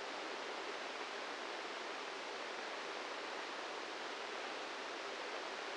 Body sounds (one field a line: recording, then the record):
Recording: brain microelectrode recording played as sound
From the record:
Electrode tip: inside the subthalamic nucleus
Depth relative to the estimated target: -2 mm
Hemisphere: left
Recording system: NeuroSet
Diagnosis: Parkinson's disease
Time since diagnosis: 8 years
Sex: male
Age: 58 years